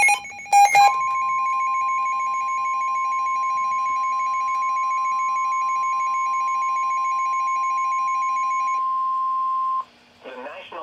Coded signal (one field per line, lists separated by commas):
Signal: Emergency Alert System (SAME) tones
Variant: 1050 Hz attention tone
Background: speech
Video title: Severe Thunderstorm Warning [EAS #1374] (2/7/2020)